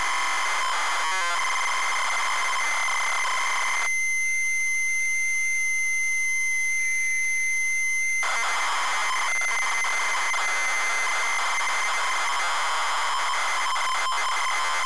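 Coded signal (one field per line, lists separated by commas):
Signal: ZX Spectrum tape loading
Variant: ZX Spectrum +3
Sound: harsh buzzing data screech, a steady high lead tone for four seconds, then screech resumes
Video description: ZX Spectrum load up and quick game play ofRick Dangerous loaded up using a zx spectrum +3 with a wh smith cpd8300 cassette player.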